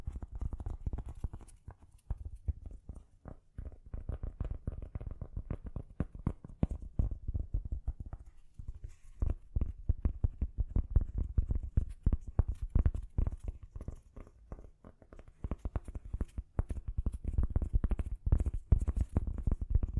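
Gentle tapping, a dense run of soft, low, dull taps in quick irregular bursts, pausing briefly around two and eight seconds.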